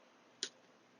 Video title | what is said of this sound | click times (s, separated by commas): 2013 Airstream Travel Trailer Walk through - RV's for Sale at Traveland RV | lefty loosey righty tighty there it locks into place very easy and then you just unlock it | 0.4 s